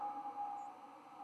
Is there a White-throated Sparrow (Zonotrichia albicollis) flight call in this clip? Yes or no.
no